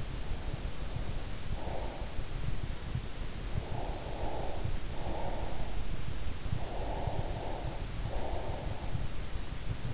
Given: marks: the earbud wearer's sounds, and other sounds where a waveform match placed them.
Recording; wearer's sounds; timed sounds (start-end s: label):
sounds in sleep by an in-ear microphone; breath
0.00-2.11 s: breath
3.61-5.81 s: breath
6.49-8.91 s: breath